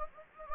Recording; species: mosquito wingbeat signal from an infrared sensor; Anopheles gambiae